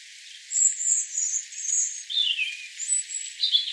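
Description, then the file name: European robin song: thin, very high sustained whistles, then a falling, tumbling warble and more high piping notes. "Erithacus rubecula"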